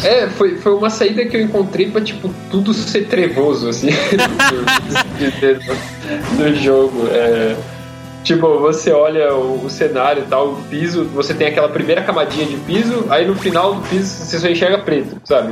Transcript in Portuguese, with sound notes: É, foi uma saída que eu encontrei pra tipo tudo ser trevoso, assim, [risos] do jogo. Tipo, você olha o cenário e tal, o piso, você tem aquela primeira camadinha de piso, aí no final do piso você só enxerga preto, sabe?